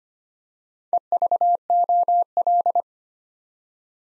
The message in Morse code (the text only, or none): EVOL